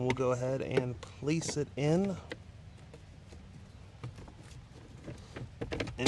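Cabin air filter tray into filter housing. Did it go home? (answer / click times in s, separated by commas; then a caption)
yes / 5.8 s, 6.1 s. Someone talks while the plastic cabin air filter tray, holding a new filter, is pushed into its housing behind the glovebox of a 2005–2010 Honda Odyssey (3rd generation). Soft sliding and scraping follow, then sharp clicks at about 5.8 and 6.1 seconds as the tray seats in its holder on both sides.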